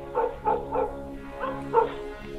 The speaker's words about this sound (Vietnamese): Cứ mỗi một lần có cái tiếng xào xào như vậy là chó ở trong xóm á, nó lại tru lên nhiều hơn, nó cắn dữ dội hơn, từng chập một, nghe sốt cả ruột.